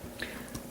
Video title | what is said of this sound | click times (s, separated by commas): Transformers Generations Skrapnel & Reflector | and rotate the panels back to you a little click | 0.2 s, 0.6 s